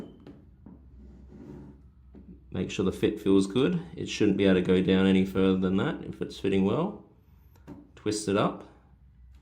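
An interchangeable lens is being fitted onto a camera body mount and handled while someone talks, with a few faint handling taps near the start and around 7.6–7.7 seconds. The lens is handled but not yet home: nothing has seated or clicked yet.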